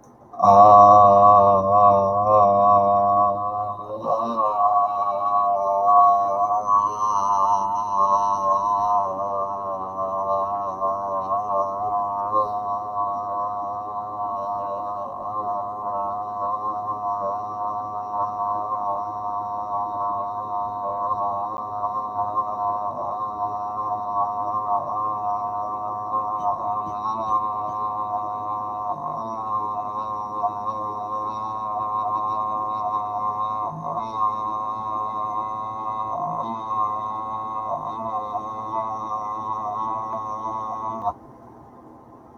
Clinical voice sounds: vowel held as long as possible; male; 40 to 49 years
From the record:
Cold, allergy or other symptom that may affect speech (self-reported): no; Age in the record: 46 years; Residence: Georgia, United States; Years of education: 13

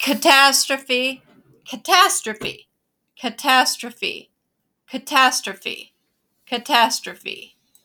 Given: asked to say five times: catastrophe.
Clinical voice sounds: repeated word; female; 40 to 49 years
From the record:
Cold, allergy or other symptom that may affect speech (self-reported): no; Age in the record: 46 years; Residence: Utah, United States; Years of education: 17

